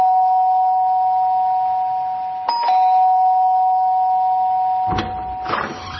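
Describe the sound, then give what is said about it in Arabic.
An apartment doorbell rings with a long, steady mid-pitched electric tone that holds for several seconds, broken by a couple of sharp clicks, then cuts off into a brief clatter and rustle. “فين الجرس؟ اهو.”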